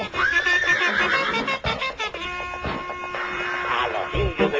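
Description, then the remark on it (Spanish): A horse whinnies in a loud, high, wavering neigh that rises and then falls, followed by a buzzy, droning stretch with more horse-like calls over a busy background. “A los indios que vienen los caballos.”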